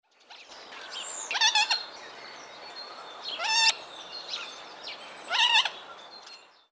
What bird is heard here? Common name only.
Common Moorhen